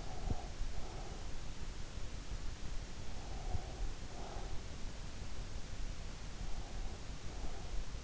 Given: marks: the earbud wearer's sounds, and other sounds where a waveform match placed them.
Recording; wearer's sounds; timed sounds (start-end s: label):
sounds in sleep by an in-ear microphone; breath
0.03-1.29 s: breath
3.07-4.85 s: breath
6.48-8.04 s: breath